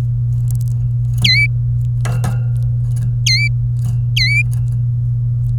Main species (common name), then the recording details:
Domestic Canary. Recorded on 24 April 2018 at 11:53. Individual llb3